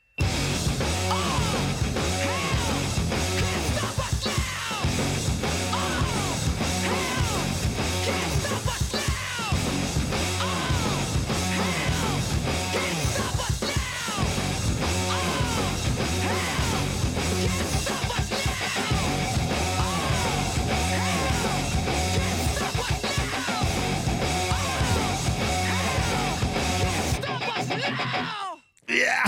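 A loud, driving rap-rock song with heavy distorted guitars, pounding drums and fierce shouted vocals over a steady aggressive groove, cutting off abruptly near the end.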